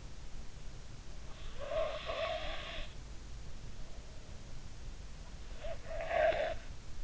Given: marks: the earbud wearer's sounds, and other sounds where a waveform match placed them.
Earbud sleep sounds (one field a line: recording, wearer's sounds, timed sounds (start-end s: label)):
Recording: sounds in sleep by an in-ear microphone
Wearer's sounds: snoring breath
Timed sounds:
1.57-2.96 s: snoring breath
5.68-6.68 s: snoring breath